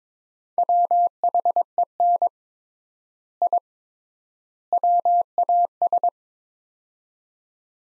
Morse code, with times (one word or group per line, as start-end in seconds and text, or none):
0.6-2.3 WHEN
3.4-3.6 I
4.7-6.1 WAS